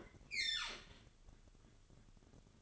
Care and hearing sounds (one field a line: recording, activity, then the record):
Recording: daily activity, microphone in the room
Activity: open fridge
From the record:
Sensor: 4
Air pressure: 1008.6 hPa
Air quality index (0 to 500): 74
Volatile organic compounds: 1 ppm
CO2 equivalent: 629 ppm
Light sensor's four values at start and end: 12/28/11/11 and 12/27/11/11